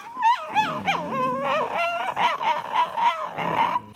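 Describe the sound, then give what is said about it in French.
A King Charles spaniel chews a plastic toy ball, producing a steady run of high, wavering squeaks and whiny tones with no pauses and no one talking. “La réponse du King Charles qui ne mâchait pas ses mots mais une babale en plastique.”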